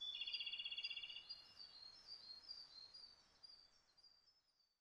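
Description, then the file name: Siberian blue robin song opening with a quick, high, even trill, followed by softer thin twitters. Recorded 31 May 2009 at 06:36. "koruri 20090531-0636"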